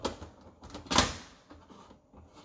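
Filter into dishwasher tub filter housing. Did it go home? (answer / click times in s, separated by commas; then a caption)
yes / 1.0 s. A cleaned plastic dishwasher filter is dropped back into its seat in the tub floor of the dishwasher filter housing and given a small twist until it locks. A light clatter at the start and a soft knock near 0.7 s lead into a sharp, bright lock click at 1.0 s, followed by faint handling noise. The filter is seated and locked in place.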